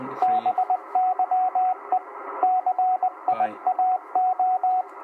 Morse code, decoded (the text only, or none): BYE CIAO